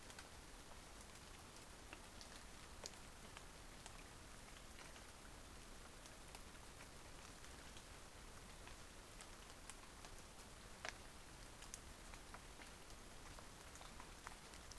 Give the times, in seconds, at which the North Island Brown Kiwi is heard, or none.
none